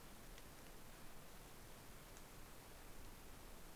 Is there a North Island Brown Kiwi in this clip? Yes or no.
no